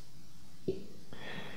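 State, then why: Seated. The handles of a Deutsch HDT-48-00 ratcheting hand crimper are squeezed slightly with a solid metal contact seated in the crimping die. The ratchet gives a single click at 0.7 s, followed by a broader noise from 1.1 s. The ratchet engages on its first click and holds the contact firmly in the crimping jaws.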